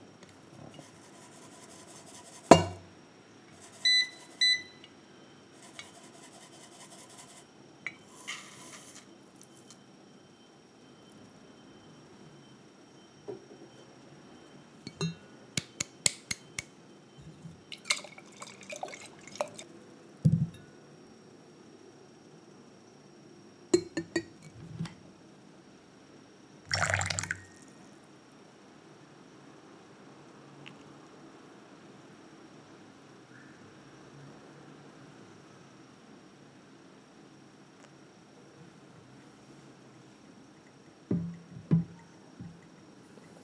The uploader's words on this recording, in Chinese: 雨天陪我手沖吧。